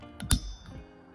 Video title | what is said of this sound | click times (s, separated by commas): 2021 Toyota Venza Wiper blades replaced OEM PARTS and PART NUMBERS | you'll hear this click | 0.3 s